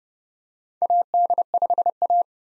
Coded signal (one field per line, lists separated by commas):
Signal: Morse code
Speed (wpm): 30 wpm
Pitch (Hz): 700 Hz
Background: none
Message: AD5A